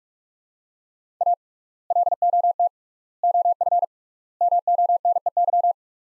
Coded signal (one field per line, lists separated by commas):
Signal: Morse code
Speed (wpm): 42 wpm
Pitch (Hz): 700 Hz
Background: none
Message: A LOT OF MONEY